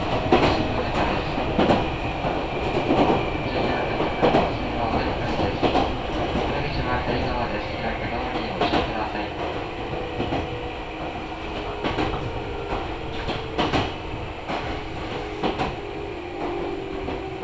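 A local train on the Meitetsu Kakamigahara Line rumbles steadily, with a sustained whine, rhythmic clicks and clanks every second or so, easing slightly later.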